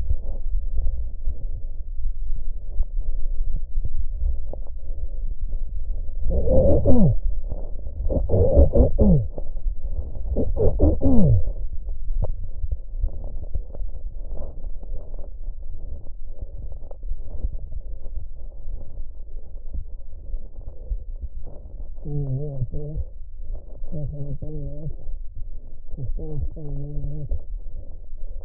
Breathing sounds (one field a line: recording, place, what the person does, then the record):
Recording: lung sounds by stethoscope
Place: right posterior apical chest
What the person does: quiet breathing, then cough and speech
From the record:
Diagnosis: interstitial lung disease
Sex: male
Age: 72 years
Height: 167 cm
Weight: 74 kg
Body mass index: 26.5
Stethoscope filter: extended mode